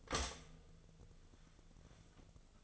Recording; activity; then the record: daily activity, microphone in the room; stop toaster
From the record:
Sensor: 4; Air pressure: 1001.1 hPa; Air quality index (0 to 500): 152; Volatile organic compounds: 2 ppm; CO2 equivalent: 1112 ppm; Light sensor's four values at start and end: 17/40/17/18 and 19/45/19/20